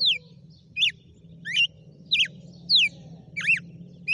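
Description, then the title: Red-cowled cardinal song, loud sharp downslurred whistled notes with bright overtones, repeated about every two-thirds of a second over a low steady hum. Female red-cowled cardinal; title names a bird Fenrir and says it gave 'açoite' that day. "Canto Galo Campina Fêmea 06. GALO DE CAMPINA FENRIR - HJ FOI AÇOITE VIU??"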